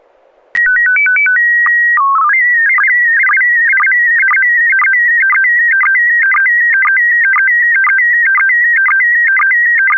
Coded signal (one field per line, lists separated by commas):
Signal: SSTV (slow-scan television)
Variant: PD 120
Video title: N6NA SSTV Net - 07/13/2022